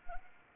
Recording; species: mosquito wingbeat signal from an infrared sensor; Anopheles arabiensis